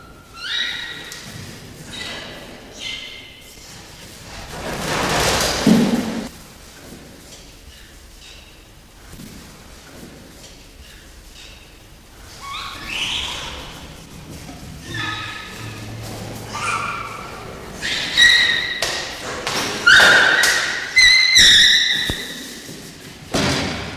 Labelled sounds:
Bonobo (Pan paniscus)

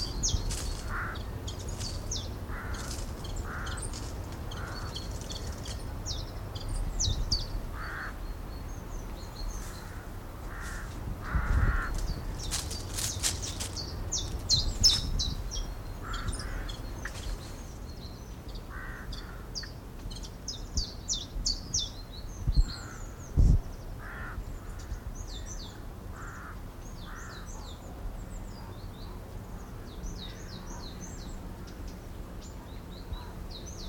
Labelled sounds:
Common Chiffchaff (Phylloscopus collybita)

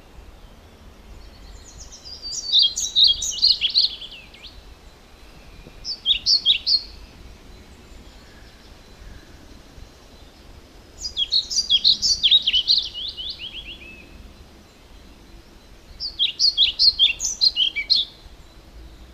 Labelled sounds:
European Pied Flycatcher (Ficedula hypoleuca) song

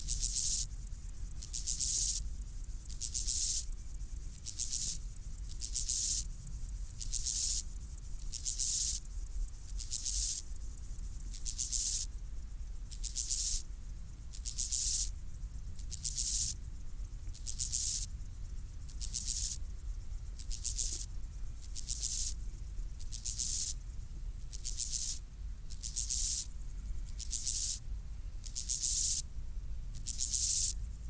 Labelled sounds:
Steppe Grasshopper (Chorthippus dorsatus) stridulation

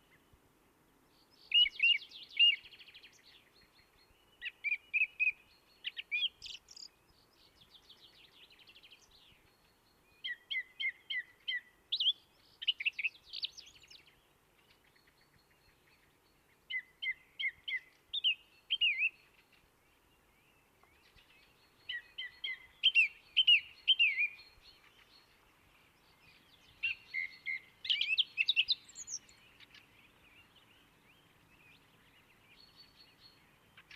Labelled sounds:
Song Thrush (Turdus philomelos) song

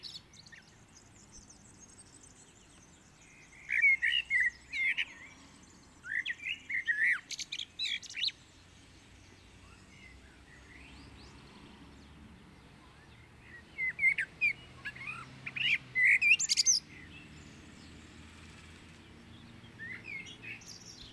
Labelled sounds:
Common Blackbird (Turdus merula) song

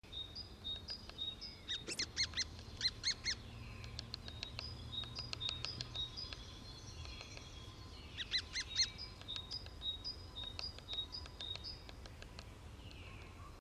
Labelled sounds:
Lesser Spotted Woodpecker (Dendrocopos minor) call, Great Tit (Parus major)

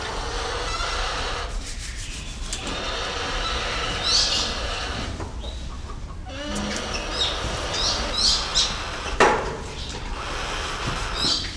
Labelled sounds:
Spotted Thick-knee (Burhinus capensis) hissing

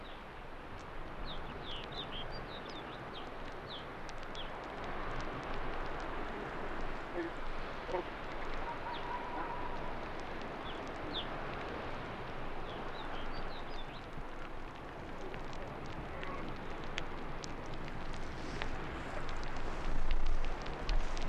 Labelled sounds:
Arctic Fox (Vulpes lagopus)

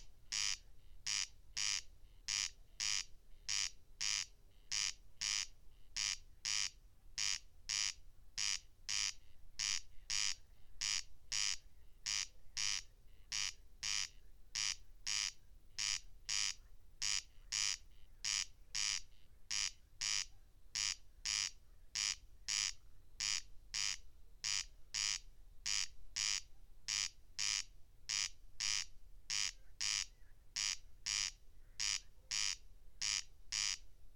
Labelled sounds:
Corn Crake (Crex crex) song

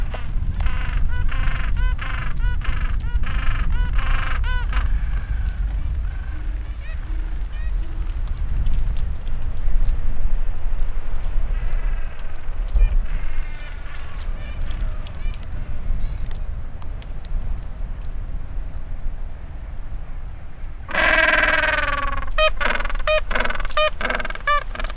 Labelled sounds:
Gentoo Penguin (Pygoscelis papua) call

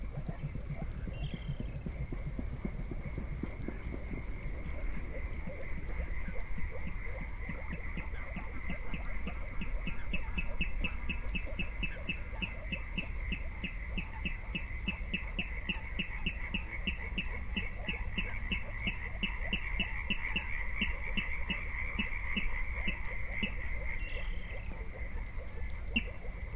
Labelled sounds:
Water Rail (Rallus aquaticus)

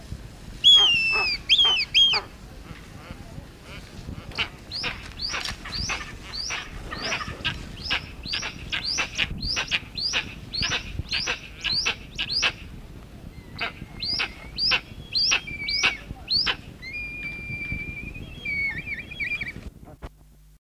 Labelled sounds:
Eastern Imperial Eagle (Aquila heliaca) call

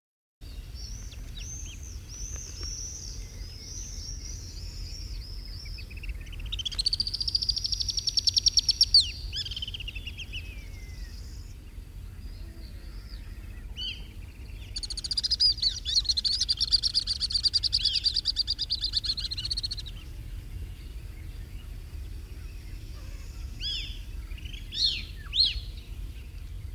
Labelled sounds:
Alpine Swift (Tachymarptis melba) call

